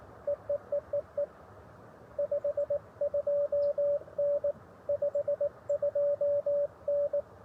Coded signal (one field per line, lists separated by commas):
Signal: Morse code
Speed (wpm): 21 wpm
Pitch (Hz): 590 Hz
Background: radio noise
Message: EEEEE 52N 52N